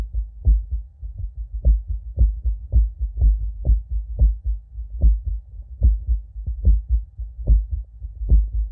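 Heart by stethoscope in a man with prior Q-wave myocardial infarction, heart failure and atrial flutter. Atrial flutter sounds are heard alongside the heartbeat, like two hearts at once, one close and one far away.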